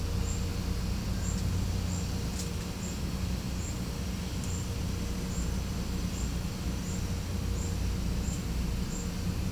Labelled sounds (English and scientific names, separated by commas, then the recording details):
none
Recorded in pastures near Puerto Asís, Putumayo, Colombia, on 16 December 2024 at 11:00
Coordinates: 0.505, -76.324
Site G063